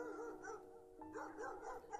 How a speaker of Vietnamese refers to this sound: Bất chợt từ đâu đó vọng đến bên tai của ông những tiếng chó sủa âm vang. Nhận ra đây là mấy con chó trong nhà hàng xóm, mông liền nhíu mày: Làm cái gì mà sủa nhặng lên như vậy, ồn ào quá.